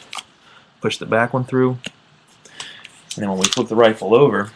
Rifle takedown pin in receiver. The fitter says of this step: is we're going to push them through as far as we can from this side of the rifle you'll hear a little click